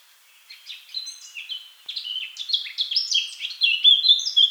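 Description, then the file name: Eurasian blackcap song: a short run of soft warbled notes that climbs steadily into loud, pure, fluty whistles. "Sylvia atricapilla"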